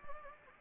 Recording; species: mosquito wingbeat signal from an infrared sensor; Anopheles gambiae